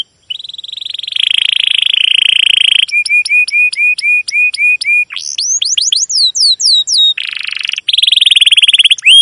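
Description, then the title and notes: Domestic canary song: a buzzy roll, a series of short repeated whistled notes, rising sweeps, then more buzzy trills. Domestic canary with long, continuous chirping song used as a lure and master song for teaching young canaries to sing. "CUIT CUIT NGEROL LANGSUNG GACOR PANJANG Kenari Ini AMPUH Utk Pancingan KENAR ( 2). PANCINGAN Kenari GACOR PANJANG Cuit CUIT EMOSI ini AMPUH utk MASTERAN Kenari PAUD belajar BUNYI. burung kenari"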